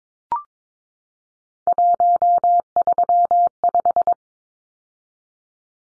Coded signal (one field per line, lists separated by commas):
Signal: Morse code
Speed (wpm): 22 wpm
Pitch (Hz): 700 Hz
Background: none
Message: 135